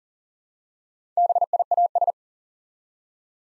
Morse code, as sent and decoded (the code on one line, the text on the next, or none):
-... .. .- ...
BIAS